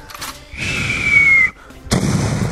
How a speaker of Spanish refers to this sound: Ya empezó a tirar los tiros. Cuidado.